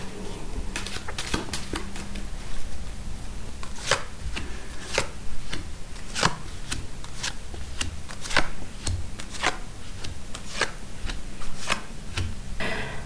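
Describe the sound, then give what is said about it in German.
Playing cards being shuffled, a long run of crisp, papery snaps and taps at an uneven rhythm over a low steady hum, with no one speaking. “Dann bitte nochmal die Karten mischen.”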